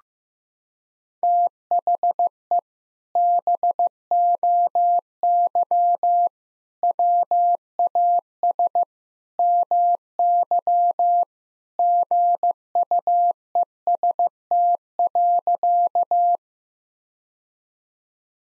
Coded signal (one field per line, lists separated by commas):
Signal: Morse code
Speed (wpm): 15 wpm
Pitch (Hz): 700 Hz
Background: none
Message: THE BOY WAS MY GUEST.